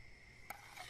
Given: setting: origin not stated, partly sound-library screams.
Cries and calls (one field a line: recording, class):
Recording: one-second piece from a danger detection set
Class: normal situation